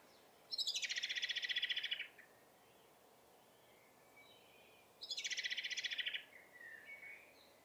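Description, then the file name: Common blackbird chattering in two rapid rattling bursts, with faint softer chirps around them. "Turdus merula"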